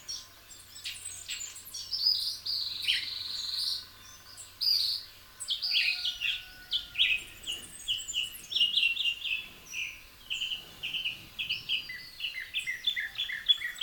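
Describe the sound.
Northern mockingbird song, a long varied run of bright chirps and trills, many phrases repeated several times before switching, with a low hum underneath early on.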